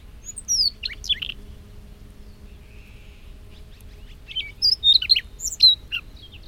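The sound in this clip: Siberian rubythroat with a brief high chirpy phrase, a long quiet gap, then a louder varied phrase of sharp whistles and chirps near the end.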